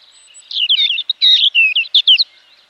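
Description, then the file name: European robin with a brisk, sweet warbling phrase of varied whistled notes, rising and falling quickly, lasting about two seconds. "Erithacus rubecula"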